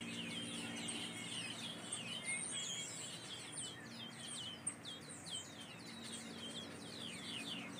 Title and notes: Minute Escapes: Birds After the Rain. The December sunshine warming up your skin, the chitter-chatter of the ecstatic birds